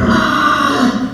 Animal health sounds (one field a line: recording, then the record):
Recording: squeal of a Yucatan mini pig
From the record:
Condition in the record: after surgery on the right vocal fold (resection and tissue-engineered implant)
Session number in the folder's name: 12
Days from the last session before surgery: 105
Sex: female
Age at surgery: 19 weeks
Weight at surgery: 25 kg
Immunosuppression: prednisolone